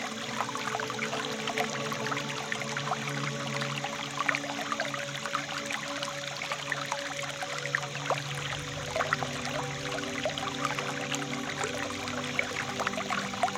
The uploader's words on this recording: Calming Wind Chimes with River Sounds. A quick moving stream at night along with the sound of wind chimes blowing in the wind that slowly come in and fade away over the course of the episode.